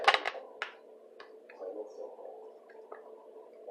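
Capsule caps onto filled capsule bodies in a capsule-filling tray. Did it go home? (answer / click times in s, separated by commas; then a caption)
yes / 0.6 s. The top plate of a capsule-filling machine is pressed down onto a tray of filled plastic/gelatin capsule bodies (halal/vegan turmeric curcumin capsules) until the caps lock onto them. A few sharp rattling ticks at about 0.1 and 0.3 s are followed by a loud crack at 0.6 s as the capsule halves snap together and seat, then a quiet rustle and a faint tick near 2.9 s.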